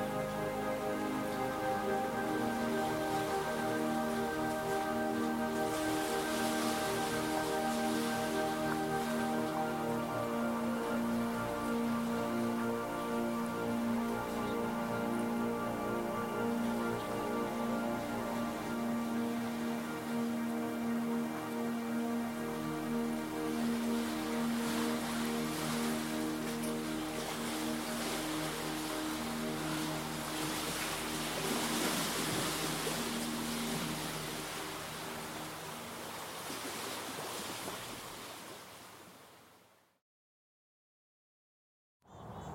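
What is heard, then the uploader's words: Waves lap onto the smooth stones of a Lake Superior shore, a steady hissing wash that swells every several seconds, strongest around 7, 25 and 32 seconds. A constant low droning hum runs underneath. Everything fades near 39 seconds, leaving silence. Waves lap lazily onto the smooth stones of Superior's lakeshore. All of season two was recorded near its rocky shores.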